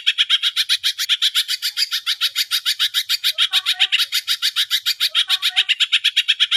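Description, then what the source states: Greater green leafbird chattering song: a fast, steady run of harsh, buzzy pulses, with a few soft lower notes slipping in midway. Singing actively ('gacor'); masteran and pancingan, training and prompting audio for cage birds.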